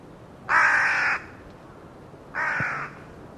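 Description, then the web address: Bird giving two harsh, rasping calls separated by a pause of over a second. "Deverinetal 2025 File origin Bird Only"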